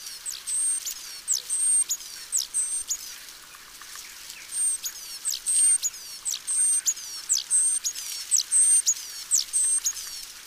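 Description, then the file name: Great tit giving repeated very high, thin calls: short steady whistles alternating with quick falling chips, coming in uneven bursts about once a second, with soft background hiss. "Parus major"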